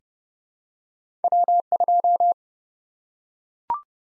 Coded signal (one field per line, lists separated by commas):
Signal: Morse code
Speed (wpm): 32 wpm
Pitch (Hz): 700 Hz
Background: none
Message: W2